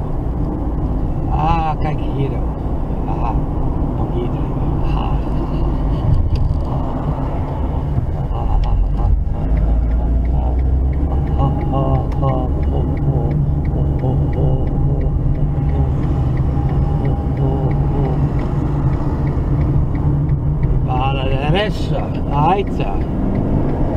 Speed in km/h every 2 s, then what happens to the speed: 36, 37, 30, 19, 23, 29, 27, 30, 28, 27, 36, 45.
3-6 brakes to 19. 7-10 speeds up to 29. 10-18 steady at about 28. 18-24 speeds up to 45.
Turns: 11-20.